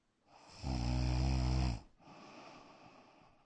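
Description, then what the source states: Dog snoring: one strong, buzzing snore lasting about a second, followed by a gentle, breathy sound. Black dog, snoring indoors in a bedroom.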